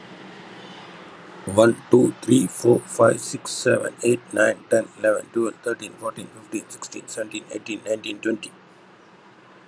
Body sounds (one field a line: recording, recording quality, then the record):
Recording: counting at a fast pace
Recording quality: excellent, no background noise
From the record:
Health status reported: healthy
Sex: male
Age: 42 years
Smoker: yes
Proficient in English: yes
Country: India